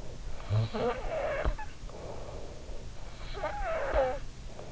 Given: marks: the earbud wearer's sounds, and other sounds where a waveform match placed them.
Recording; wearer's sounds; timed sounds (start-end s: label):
sounds in sleep by an in-ear microphone; snoring breath
0.33-2.21 s: snoring breath
2.96-4.72 s: snoring breath